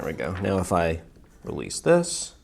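A lock lever is handled on its pin inside the mechanism of a 1920s Monroe model K mechanical calculator after the mechanism is rotated, as someone talks. The lever is about to be released, but nothing has seated or clicked yet.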